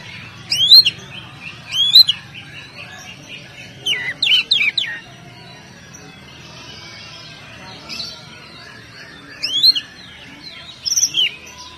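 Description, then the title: Oriental magpie-robin singing bright whistled phrases of upward sweeps and chirps, delivered in bursts separated by pauses of a few seconds, with a low hum beneath. "Kacer"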